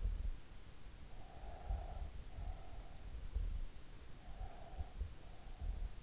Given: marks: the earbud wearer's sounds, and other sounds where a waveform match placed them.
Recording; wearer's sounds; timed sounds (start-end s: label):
sounds in sleep by an in-ear microphone; breath
1.18-3.23 s: breath
4.04-5.71 s: breath